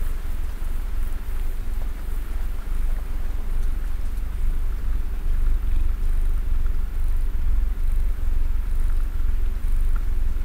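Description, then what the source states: Domestic cat giving a continuous deep purr, a low throbbing drone with light rubbing noises over it. Cat purring while snuggling.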